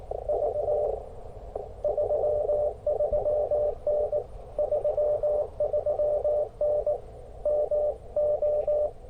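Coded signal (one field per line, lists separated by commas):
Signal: Morse code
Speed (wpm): 19 wpm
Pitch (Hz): 600 Hz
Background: radio noise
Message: V 33N 33N MO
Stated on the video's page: QRP CW parks on the air activation on 20m and 40m, using a QMX transceiver, SP-4 paddles, and a Hamstick on a mag mount.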